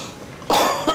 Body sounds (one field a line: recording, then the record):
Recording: coughing mixed with background sound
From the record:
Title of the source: Spring Allergy Coughing